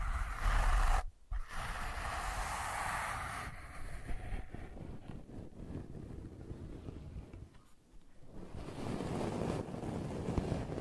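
Brushing and scratching runs as a rough, hissy rasp with a rumbly low edge. It starts loud for about a second, breaks off briefly, then continues in a softer, grainier stretch of uneven strokes, pausing again near eight seconds before building back up toward the end.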